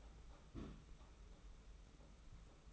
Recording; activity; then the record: daily activity, microphone in the room; place on stove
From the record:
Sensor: 1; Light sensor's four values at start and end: 36/116/45/47 and 36/116/45/47